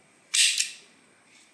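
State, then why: Seated. An old-style folding knife with a wood or plastic handle, a steel blade and a single ratchet gear is opened until its blade locks into the handle. A sharp, bright click at 0.4 s is followed by a shorter tick at about 0.6 s, then a quick fade to quiet. The blade seats in the open position.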